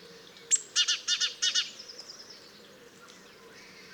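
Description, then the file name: Great tit call: a sharp high tick followed by a quick series of several harsh, buzzy chattering notes, then fainter high notes over steady background hiss. "Parus major"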